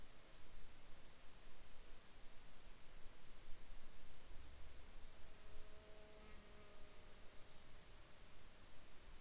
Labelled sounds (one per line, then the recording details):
insects
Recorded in Ivvavik National Park, Yukon, on 30 June 2019 at 20:12
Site SINP10